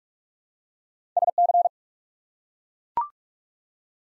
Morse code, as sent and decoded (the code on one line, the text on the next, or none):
... -.-.
SC